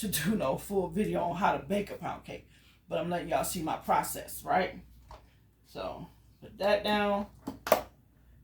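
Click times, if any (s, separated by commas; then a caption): 7.7 s. Someone talks while the tilt head of a Geek Chef stand mixer is lowered back down onto its base after scraping the bowl. At 7.7 s the head snaps into its locked position with a sharp click, and the mixer is seated and locked in.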